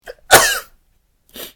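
A brief, faint intake of breath is followed by one sharp, explosive burst lasting under half a second, then a short, softer exhale about a second later. A single adult sneeze, a sound effect.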